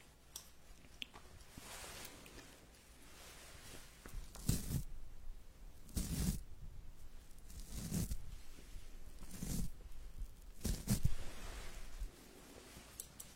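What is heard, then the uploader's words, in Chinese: An ear massage, heard as soft rubbing and rustling that swells into fuller, brushing strokes about every one and a half to two seconds from the fourth second on. Quieter, thinner scratchy textures fill the gaps, and the sound eases off near the end. 按摩耳朵3（声控助眠）。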